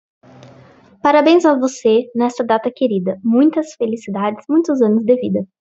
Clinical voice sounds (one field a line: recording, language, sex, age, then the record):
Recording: short text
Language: Brazilian Portuguese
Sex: female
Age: 30 to 39 years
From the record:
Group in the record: control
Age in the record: 30 years